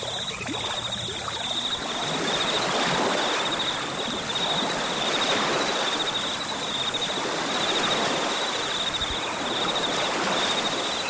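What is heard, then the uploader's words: Water laps steadily against a lakeshore at night, a soft, dense wash of small splashes with gentle swells around three and eight seconds. A continuous high, thin insect-like trill runs throughout in the background, and a faint low hum sits underneath. Nighttime at the Lake: Soothing Nature Ambience. The gentle sound of water lapping against the shore and the distant calls of nocturnal wildlife.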